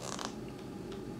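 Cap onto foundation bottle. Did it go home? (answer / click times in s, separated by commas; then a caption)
yes / 0.1 s, 0.2 s. The cap of a BareMinerals BareSkin liquid foundation bottle is pressed shut and snaps onto its clip. Sharp clicks are heard at 0.1 s and 0.3 s over a low background hum. The cap is seated, so the bottle is properly closed and won't spill.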